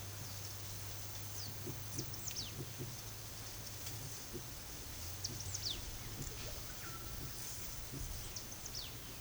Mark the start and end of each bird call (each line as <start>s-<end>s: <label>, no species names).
1.26s-2.60s: bird call
5.24s-5.87s: bird call
8.28s-9.04s: bird call